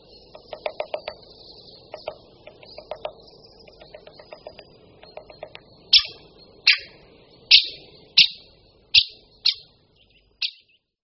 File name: Strakapoud-velký